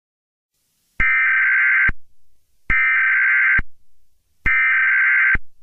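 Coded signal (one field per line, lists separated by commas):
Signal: Emergency Alert System (SAME) tones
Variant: header bursts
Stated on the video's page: Simulated EAS scenario for a fictional Arctic tsunami.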